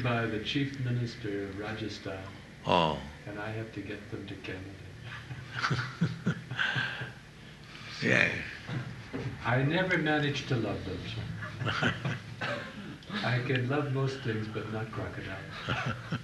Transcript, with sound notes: Given by the chief minister of Rajasthan, and I had to get them to Canada. [laughs]
Yes.
I never managed to love them. I can love most things, but not crocodiles.